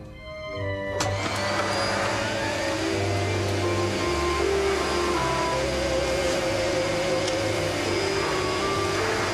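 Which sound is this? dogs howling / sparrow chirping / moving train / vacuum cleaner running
vacuum cleaner running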